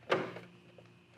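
A plastic aero wheel cover for a 2023 Tesla Model Y is handled against a car alloy wheel, with a sharp plastic knock at 0.1 s and a few faint taps after it. The cover's retaining clips have not seated or clicked into place yet.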